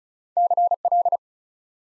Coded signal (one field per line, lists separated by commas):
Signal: Morse code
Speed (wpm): 36 wpm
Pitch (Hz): 700 Hz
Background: none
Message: CL